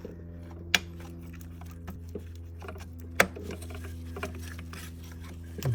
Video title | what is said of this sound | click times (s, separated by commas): Audi A4 2012 thermostat housing and water pump replacement fault code P2681 or 15462 on VCD's | until they click basically | 0.7 s